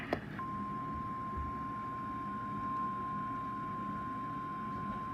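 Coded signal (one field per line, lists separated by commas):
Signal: Emergency Alert System (SAME) tones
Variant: 1050 Hz attention tone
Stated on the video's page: Severe thunderstorm warning alert.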